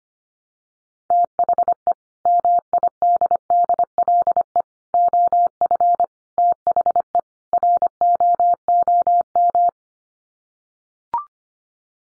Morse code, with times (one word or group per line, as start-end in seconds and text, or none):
1.1-1.9 THE
2.3-4.6 MIDDLE
4.9-6.0 OF
6.4-7.2 THE
7.5-9.7 ROOM